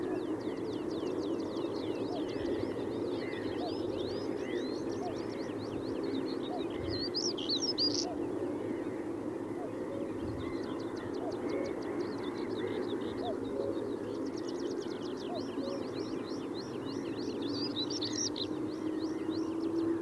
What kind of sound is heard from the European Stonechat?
song